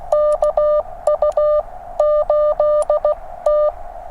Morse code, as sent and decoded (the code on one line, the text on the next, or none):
-.- ..- ---.. -
KU8T